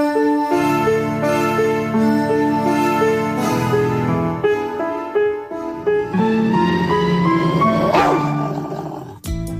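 A pack of hunting hounds, released from the kennel and set on a scent trail, bays and barks in a moonlit chase across moorland, their long, overlapping howls ringing out in tonal waves that rise and slide in pitch, loud and unbroken, with no voices.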